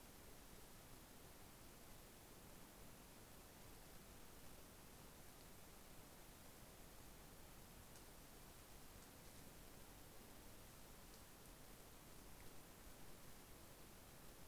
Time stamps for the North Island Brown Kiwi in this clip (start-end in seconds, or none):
none